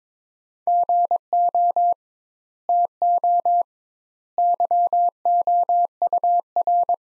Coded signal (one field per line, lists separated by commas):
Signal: Morse code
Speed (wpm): 22 wpm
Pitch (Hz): 700 Hz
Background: none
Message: GO TO YOUR